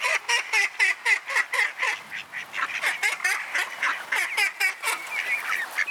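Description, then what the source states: Ducks quacking, fast repeated nasal quacks in quick succession, several birds overlapping. At Mlaka, Borov gozdiček.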